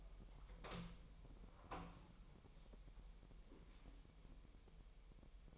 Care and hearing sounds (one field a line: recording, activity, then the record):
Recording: daily activity, microphone in the room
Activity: open door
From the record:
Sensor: 1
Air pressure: 1001.2 hPa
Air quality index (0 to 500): 249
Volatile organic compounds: 146 ppm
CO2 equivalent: 4006 ppm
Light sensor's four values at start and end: 12/29/12/13 and 12/29/12/13